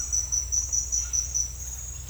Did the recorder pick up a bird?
no